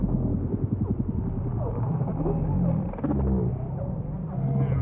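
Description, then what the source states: Whales giving deep, rumbling moans, with wavering upsweeps and short pulses layered over the low drone. Chorus of whales.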